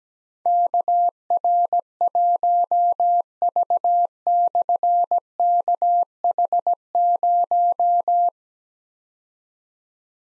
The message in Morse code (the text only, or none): KR1V/KH0